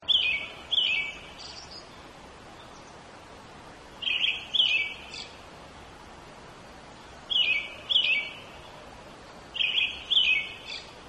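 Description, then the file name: Brown-headed thrush song: four short phrases, each of two rich notes and a brief thinner note, separated by pauses, over faint steady hiss. "akahara"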